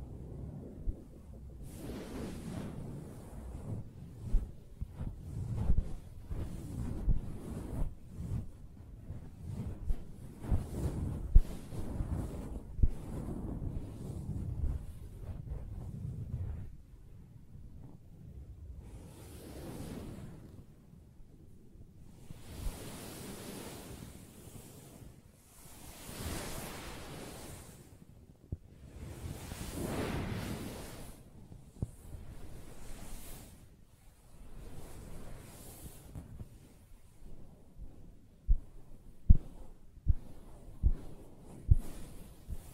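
Soft tapping and scratching on fabric: dense, muffled low rustling for the first sixteen seconds, then separate swishing strokes and occasional sharp taps.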